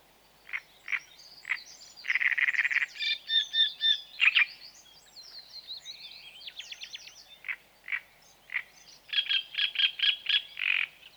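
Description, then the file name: Great reed warbler delivering a long, varied song of gruff croaks, rattling bursts and squeaky trills, repeated in phrases over a light background hiss. "Grotekarekiet"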